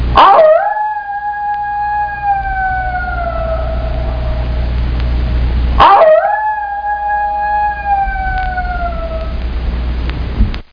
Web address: coyote